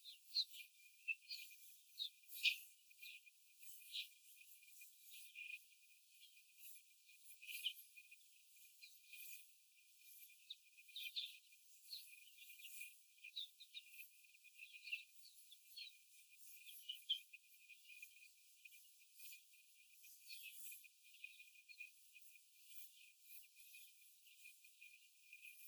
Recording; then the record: young laying hens in a cage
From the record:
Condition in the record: after the stressor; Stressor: simulated dog barking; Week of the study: 4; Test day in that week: 1